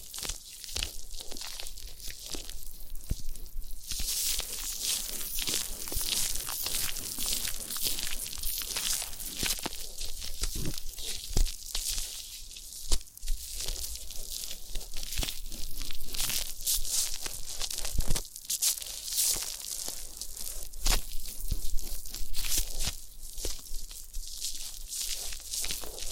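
Massage and ear cleaning sounds: steady, dense crinkly rubbing and scratching, bright and hissy, with frequent soft taps and sharper clicks throughout.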